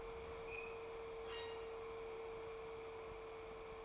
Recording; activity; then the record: daily activity, microphone in the room; open fridge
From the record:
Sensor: 1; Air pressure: 1015.0 hPa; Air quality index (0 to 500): 194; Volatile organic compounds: 22 ppm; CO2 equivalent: 2749 ppm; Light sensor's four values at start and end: 22/53/22/26 and 25/63/27/32